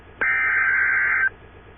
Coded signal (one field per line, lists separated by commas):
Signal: Emergency Alert System (SAME) tones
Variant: header bursts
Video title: EAS Scenario - Political Riot (Michigan)